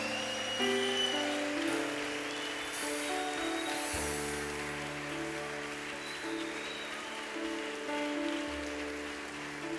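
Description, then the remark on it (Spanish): Steady, dense applause from an audience at a worship service in Santiago Atitlán, offered to the Holy of Holies tonight, a continuous hiss of clapping running for about ten seconds over sustained keyboard chords that shift beneath it. “Brindas un fuerte aplauso al Santo de los Santos esta noche.”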